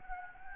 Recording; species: mosquito wingbeat signal from an infrared sensor; Anopheles gambiae